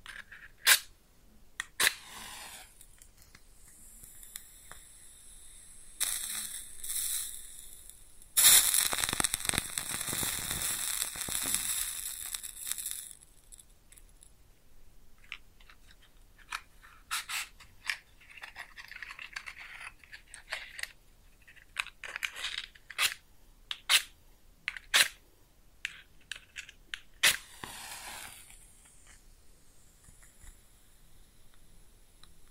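A match is struck close up: sharp scratching snaps, then a flaring hiss that burns brightly for several seconds around the eight-to-thirteen second mark. Afterward the flame settles into sparse, irregular crackles and small pops, with another brief flare near twenty-eight seconds.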